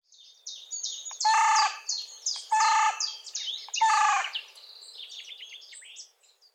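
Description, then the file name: Carrion crow giving three harsh, hoarse caws about a second apart, among higher chattering and squeaky notes. "Corvus corone"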